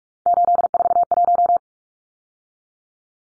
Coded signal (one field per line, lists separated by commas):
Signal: Morse code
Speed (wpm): 44 wpm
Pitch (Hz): 700 Hz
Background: none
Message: 841